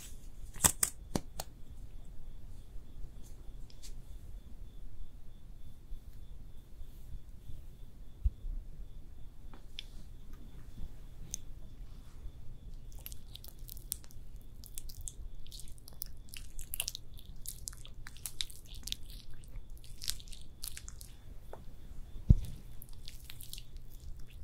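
Quiet no-talking makeup ASMR: soft, sticky tapping and light clicks scattered throughout, busier from around 15 to 20 seconds. A low steady hum sits underneath, with a faint high whine, and a sharper tap lands near 22 seconds.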